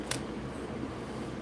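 A tight pin is pressed into a slot car chassis from a Viper V1 VSPEC builders kit. A single sharp click at 0.1 s stands out over steady low background noise. The pin goes in and seats.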